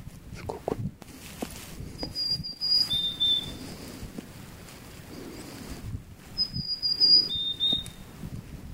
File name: ハシブトガラ